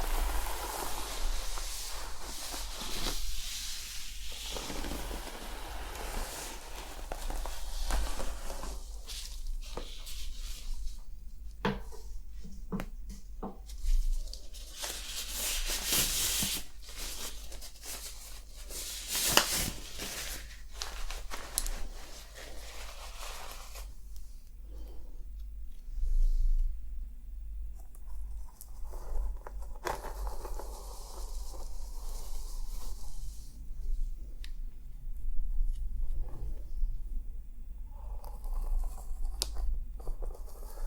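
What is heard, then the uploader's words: Hair brushing and scalp scratching make dense, scratchy rustles that come in quick bursts, with brighter strokes around 11 to 20 seconds. After about 24 seconds the strokes thin into softer, separated scrapes and rubs, over a steady low hum throughout. ASMR Relaxing Scalp Massage + Hair Care Treatment head massage, scalp scratching + hair brushing.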